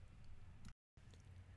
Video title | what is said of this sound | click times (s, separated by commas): How to Assemble the Xtreme Signal HD8200XL Antenna | and it just you will see them click into place | 0.7 s, 1.1 s